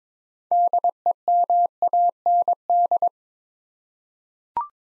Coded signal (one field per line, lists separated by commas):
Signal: Morse code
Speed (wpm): 22 wpm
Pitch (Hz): 700 Hz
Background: none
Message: DEMAND